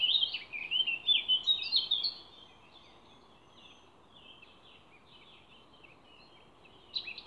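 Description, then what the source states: Songbird song: a rapid run of high chirping, warbling notes for about two seconds, then a quiet pause before a brief burst of notes at the end, over steady low background noise. Songbird songs recorded 29 April 2020 in scrubland at Ježdovec, by the lake at Rakitje, and in Stupnik forest.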